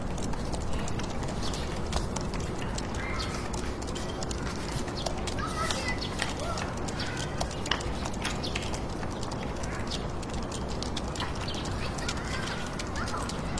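Fingertip typing in a computer room: quick, irregular key clicks tap away across the whole fourteen seconds, sometimes in short bursts. Underneath runs a steady, dense low hiss and rumble of city noise that never lets up, with a faint constant hum.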